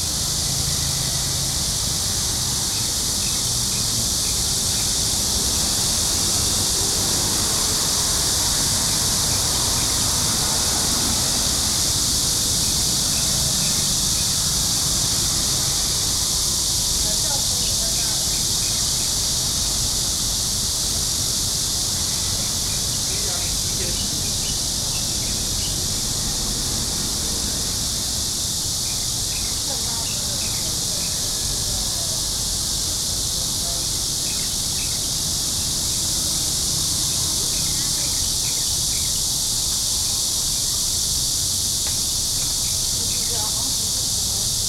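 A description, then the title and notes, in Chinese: A steady, dense chorus of insects shrills high from a small thicket, with a low rumble of traffic and faint voices underneath. 雨後的"都市""叢林"_台北市辛亥路一段3之1前。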